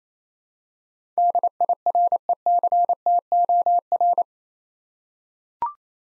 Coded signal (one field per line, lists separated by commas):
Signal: Morse code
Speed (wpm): 27 wpm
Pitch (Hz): 700 Hz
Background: none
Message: DIRECTOR